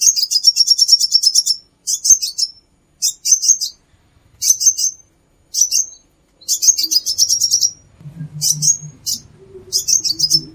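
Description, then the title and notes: Plain-throated sunbird singing high, fast chittering trills in repeated bursts, with a faint low hum in the background toward the end. Singing vigorously (gacor). "Kolibri Kelapa"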